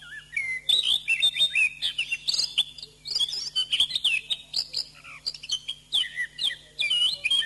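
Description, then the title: Thrush singing varied whistles and chirpy trills in quick succession, phrases rising and falling, with a steady faint hum in the background. "Suara Burung Anis"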